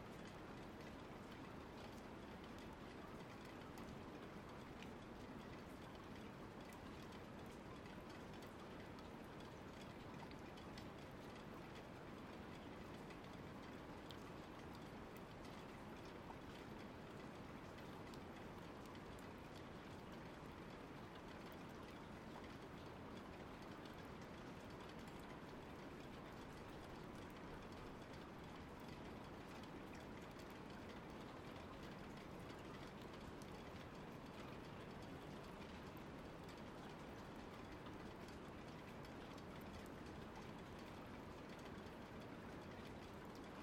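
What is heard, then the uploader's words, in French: Rain falls in a steady, dense hiss that holds at an even level for the whole stretch, with no pauses or build-ups. Countless fine ticks of drops run through it over a soft low rumble, giving a full wash of sound. 5 minutes de pluie by Emile ANDRE.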